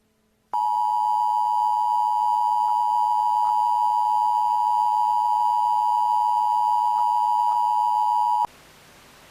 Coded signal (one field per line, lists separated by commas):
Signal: Emergency Alert System (SAME) tones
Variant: 853 and 960 Hz attention tone